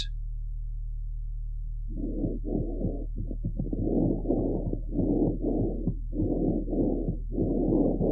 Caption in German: Saugfohlen tritt das feuchte Rasselgeräusch bei Bronchitis häufig hinter dem physiologischen lauten bronchialen Lungenschall etwas zurück. Wird auch der Herzschall bei der Lungenauskultation mit erfasst. Das Fohlen hin und wieder Sekret abschluckt.